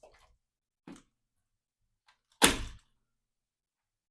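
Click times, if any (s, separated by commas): 2.4 s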